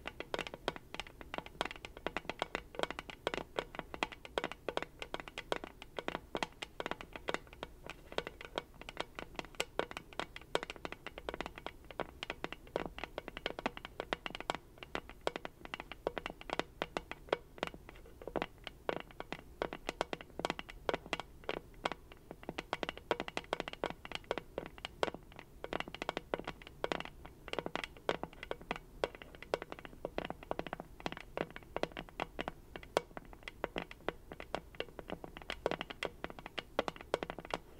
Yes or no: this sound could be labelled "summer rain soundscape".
no